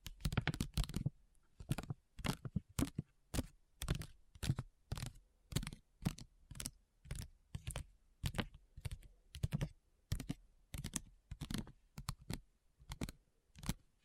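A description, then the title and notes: Crisp tapping in quick clusters of two to four taps, sharp and bright with a low thump, repeating steadily throughout with brief silent gaps. ASMR Addictive Tapping. (No Talking).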